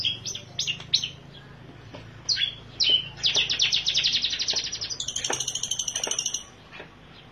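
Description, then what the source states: Long-tailed shrike song: a varied run of sharp chirps and slurred notes, then a fast rattling trill and a buzzy, harsh stretch near the end. Combination song (cendet kombinasi).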